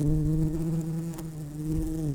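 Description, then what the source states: Red-tailed bumblebee buzzing: a steady, low droning hum with rich stacked overtones, wavering slightly in pitch, with a faint click midway and no other sounds. Worker bees.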